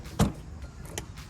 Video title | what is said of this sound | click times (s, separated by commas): พรีวิวรถจักรยานยนต์มอเตอร์ไซค์ยามาฮ่าสปาร์คแอลเอ็กซ์ Yamaha Spark LX | ก็จะได้ยินเสียง คลิกนะครับก็เปิดขึ้นมาจะพบกับถังน้ำมันนะครับ | 0.2 s, 1.0 s